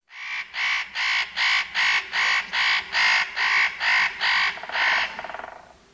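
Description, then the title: Northern nutcracker giving a rapid series of harsh, rasping, grating notes, about a dozen evenly spaced calls, trailing off at the end. "Viikon luontoääni: Pähkinähakki"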